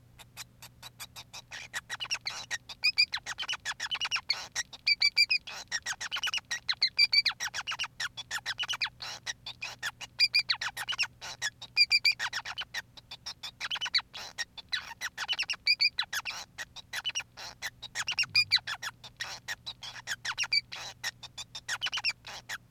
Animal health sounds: song of a male Bengalese finch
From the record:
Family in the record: son of father 5

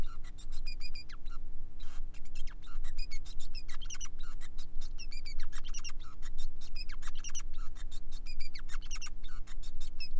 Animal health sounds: song of a male Bengalese finch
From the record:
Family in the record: son of father 5

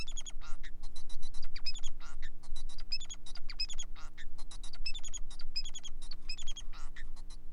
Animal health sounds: song of a male Bengalese finch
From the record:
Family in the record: son of father 4

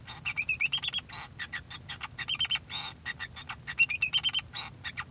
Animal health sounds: song of a male Bengalese finch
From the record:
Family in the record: son of father 2

